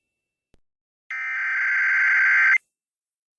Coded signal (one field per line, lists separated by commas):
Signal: Emergency Alert System (SAME) tones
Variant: header bursts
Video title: 4 tests with my bad editing skills lol 5/4/2021 - 5/7/2021 Required Monthly Tests (EAS #591 - 594)